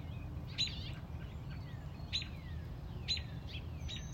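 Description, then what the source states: Robin's sharp chip notes, three or four in a few seconds, with thin descending whistles of other birds and a low steady hum. Mother robin on a front porch protecting a newly hatched chick.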